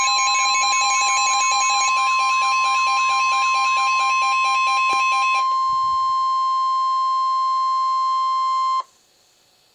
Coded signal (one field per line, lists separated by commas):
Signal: Emergency Alert System (SAME) tones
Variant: 1050 Hz attention tone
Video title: EAS Alert #95- Severe T-storm Warning 4/1/12